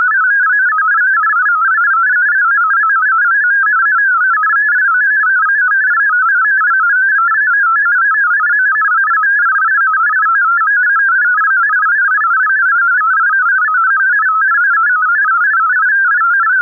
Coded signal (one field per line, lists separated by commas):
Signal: multi-tone FSK (Olivia or MFSK type)